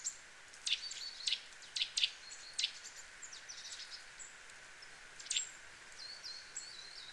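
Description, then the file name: Eurasian nuthatch calls: short, sharp high notes given singly and in pairs, about six over seven seconds, with faint thin chirps in the background. "Sitta europaea"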